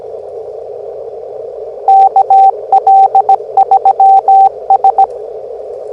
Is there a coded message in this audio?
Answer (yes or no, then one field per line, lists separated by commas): yes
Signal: Morse code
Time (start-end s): 1.9-5.0 s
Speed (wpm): 17 wpm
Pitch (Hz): 780 Hz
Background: radio noise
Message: KL3S